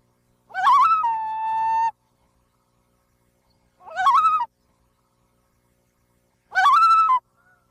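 Loon calling in three bursts: a rising wavering note that settles into a long steady wail, then two shorter quavering cries separated by silence.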